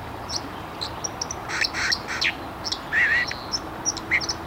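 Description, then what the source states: White-throated Dipper calls: several sharp, high buzzy notes, then a wavering whistled note and a short final chirp over a steady background hiss. Recorded at Tyyrinvirta.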